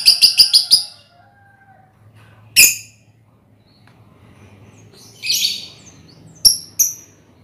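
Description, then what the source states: Lovebird chirps: a quick run of several sharp high notes, then scattered single chirps and a short buzzy burst over quiet background hum. Lovebird ngekek song, used as a lure song (kicau pancingan).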